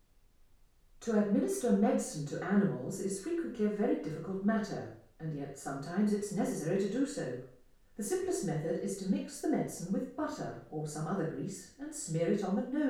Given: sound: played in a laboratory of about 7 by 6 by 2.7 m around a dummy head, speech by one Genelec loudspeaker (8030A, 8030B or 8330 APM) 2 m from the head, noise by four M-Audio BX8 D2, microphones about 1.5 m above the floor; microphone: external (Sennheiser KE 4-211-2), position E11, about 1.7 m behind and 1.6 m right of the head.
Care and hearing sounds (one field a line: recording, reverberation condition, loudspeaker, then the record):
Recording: female speech in English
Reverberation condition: medium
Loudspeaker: 150 degrees to the left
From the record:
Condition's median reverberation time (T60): about 510 ms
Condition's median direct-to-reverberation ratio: about -0.5 dB